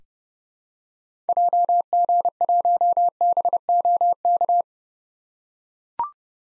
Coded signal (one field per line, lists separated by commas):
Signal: Morse code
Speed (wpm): 30 wpm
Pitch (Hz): 700 Hz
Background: none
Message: JG1BOK